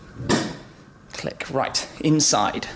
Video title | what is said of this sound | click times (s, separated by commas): ROLLS ROYCE TRUCK 2020 (PT 2) | close that and latch it down behind the Spirit of Ecstasy proud at the front click | 0.3 s